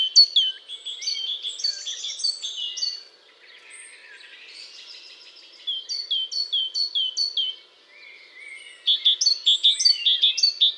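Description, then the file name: Great tit calls: repeated bursts of high, clipped, ringing notes in fast runs, separated by soft buzzy hissing passages, ending in a dense rapid series. "Parus major"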